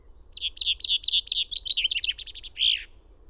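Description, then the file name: Common chaffinch song, loud and clear: repeated chirpy notes running down the scale, a quick buzzy burst, then a ringing terminal flourish. "Fringilla coelebs"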